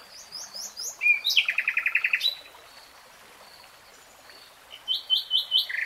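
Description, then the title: Nightingale singing: soft notes give way to a rapid rattling trill, a quiet gap, then a series of sharp high repeated notes. Nightingale singing in real time. "[Tiếng chim hót] REALTIME Nightingale Singing"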